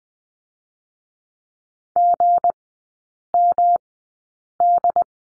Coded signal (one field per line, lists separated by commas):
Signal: Morse code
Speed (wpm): 20 wpm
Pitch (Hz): 700 Hz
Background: none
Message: GMD